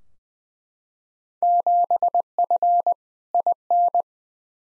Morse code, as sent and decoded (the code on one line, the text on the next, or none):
--... ..-. / .. -.
7F IN